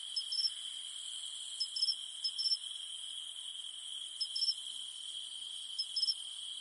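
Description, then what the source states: Cicada hum holds as a constant high buzz, while clusters of short sharp chirps appear at uneven gaps. In the mountains at night; only the humming of cicadas remains.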